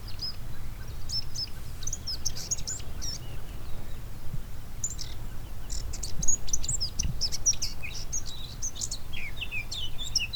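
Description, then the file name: Eurasian blackcap song, busy chirping and warbling notes in bursts, denser in the second half, over a constant low background rumble. "Sylvia atricapilla"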